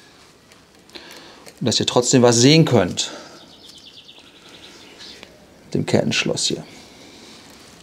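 A metal quick link (master link) is being handled on the chain of a seven-year-old Stromer ST1-X e-bike with 31,000 kilometres on it. Someone talks over faint handling ticks at about 0.5 s, 0.9 s, 1.0 s, 1.5 s and 5.2 s. The link has not snapped shut or seated yet.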